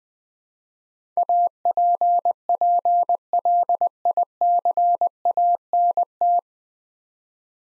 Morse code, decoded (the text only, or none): APPLICANT